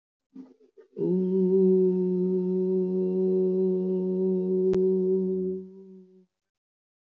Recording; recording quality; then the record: sustained vowel as in boot; excellent, no background noise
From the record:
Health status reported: healthy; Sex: female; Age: 37 years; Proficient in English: yes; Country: India